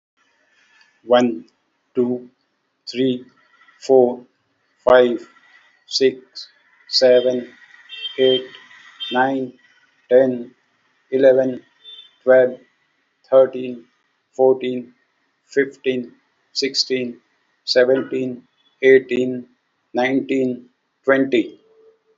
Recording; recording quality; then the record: counting at a normal pace; moderate, slight background noise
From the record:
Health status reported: healthy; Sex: male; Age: 60 years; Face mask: not worn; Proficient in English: yes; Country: India